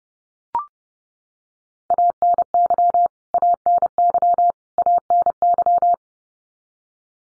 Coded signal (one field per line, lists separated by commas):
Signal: Morse code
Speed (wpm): 30 wpm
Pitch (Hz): 700 Hz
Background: none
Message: ANY ANY ANY